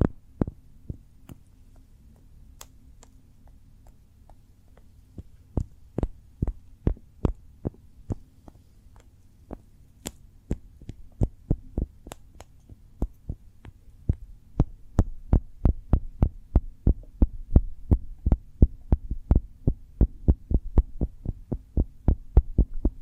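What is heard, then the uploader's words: Cork triggers tap and knock in sharp, dry clicks, scattered at first, then growing steadier and quicker, clustering into fast runs by the second half. A low, steady hum sits underneath the whole time, and the taps grow slightly louder toward the end. ASMR Cork Triggers. (No Talking).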